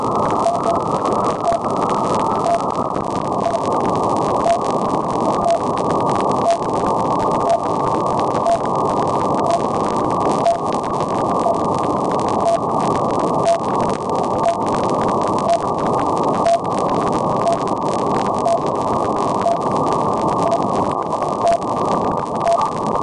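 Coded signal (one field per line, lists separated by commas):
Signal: radio time signal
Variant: RWM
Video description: Here is RWM Russia coming in great to Upstate, NY on the evening of April 18, 2011. 9996Khz runs 5kW and they also run time stations on 4996Khz and 14996Khz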